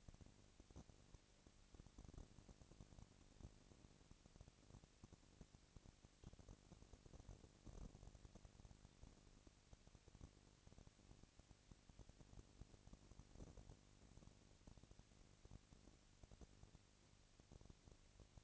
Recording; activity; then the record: daily activity, microphone in the room; no activity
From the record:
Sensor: 4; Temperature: 22.5 degrees Celsius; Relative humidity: 33.4%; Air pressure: 999.6 hPa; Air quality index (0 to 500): 230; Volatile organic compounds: 20 ppm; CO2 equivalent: 2702 ppm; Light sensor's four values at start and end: 2/3/1/1 and 2/3/1/1